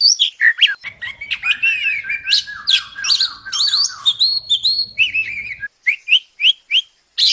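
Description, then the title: Bird song: a varied, warbling phrase of whistles, slurred rising and falling notes and quick chips, ending in a few separate short notes. "Masteran burung"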